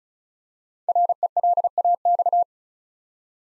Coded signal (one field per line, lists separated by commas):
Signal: Morse code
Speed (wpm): 36 wpm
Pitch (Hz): 700 Hz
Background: none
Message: RELAX